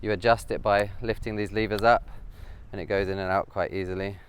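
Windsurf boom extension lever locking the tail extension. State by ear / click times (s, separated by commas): not seated / none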